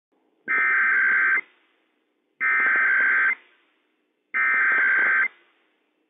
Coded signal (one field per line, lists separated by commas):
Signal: Emergency Alert System (SAME) tones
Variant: header bursts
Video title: WSEOC Required Weekly Test - WWF56 - EAS #50 - 11:00 AM PST 2/9/21